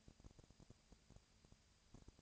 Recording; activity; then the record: daily activity, microphone in the room; no activity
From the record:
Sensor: 2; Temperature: 20.1 degrees Celsius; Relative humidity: 35.5%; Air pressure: 996.8 hPa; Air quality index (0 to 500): 197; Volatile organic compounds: 30 ppm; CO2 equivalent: 2948 ppm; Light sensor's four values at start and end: 2/3/2/2 and 2/3/2/2